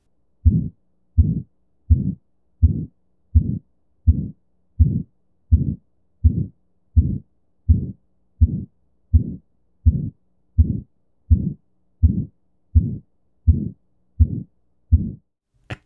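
Adult heart by stethoscope, about 83 beats per minute and regular: aortic stenosis murmur, a clear systolic murmur with an absent second heart sound.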